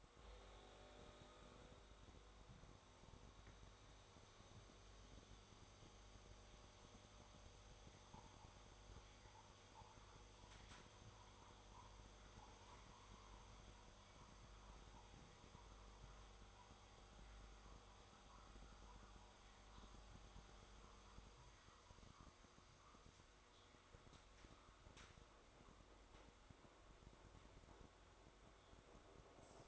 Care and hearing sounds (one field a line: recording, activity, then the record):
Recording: daily activity, microphone in the room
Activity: make coffee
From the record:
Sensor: 3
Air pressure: 1004.3 hPa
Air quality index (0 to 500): 199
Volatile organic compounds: 15 ppm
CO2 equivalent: 2491 ppm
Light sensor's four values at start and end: 5/13/5/5 and 5/13/4/5